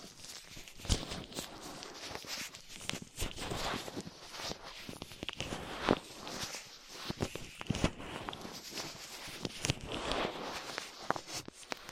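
Ear cleaning with latex gloves, a dental pick and cotton swabs: continuous dense crackling and rubbing scrapes, punctuated by sharp clicks every second or so.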